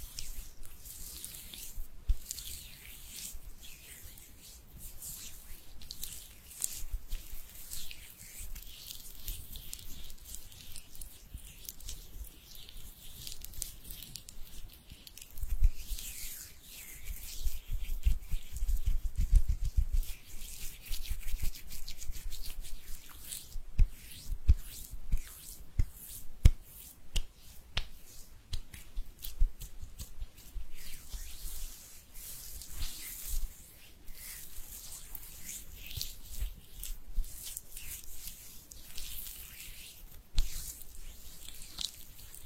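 Hands rub together, a soft, dry friction hiss that comes in uneven strokes throughout. The rubbing grows busier and louder around the middle, with quick brushing bursts and small clicks, then settles back to a lighter, steadier rhythm.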